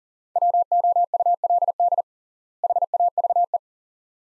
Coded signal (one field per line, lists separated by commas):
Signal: Morse code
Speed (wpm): 40 wpm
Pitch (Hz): 700 Hz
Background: none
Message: WOULD HAVE